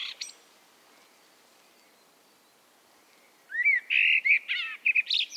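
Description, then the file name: Common blackbird ends one phrase with high notes, then after a pause delivers a rising fluted whistle leading into a rapid warble and high, squeaky notes. "Turdus merula"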